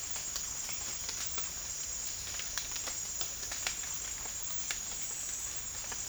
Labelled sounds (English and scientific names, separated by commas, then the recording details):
none
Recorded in dense forest near Puerto Asís, Putumayo, Colombia, on 12 March 2025 at 07:30
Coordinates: 0.484, -76.317
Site G064